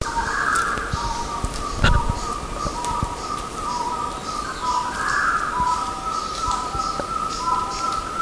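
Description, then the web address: Red-breasted partridge giving a series of short whistled notes at a steady pace, set against a continuous insect hum, with a single knock. Recorded at Mount Kinabalu, Bukit Ular. "MTKINABALUBUKITULAR. red-breasted hill partridge"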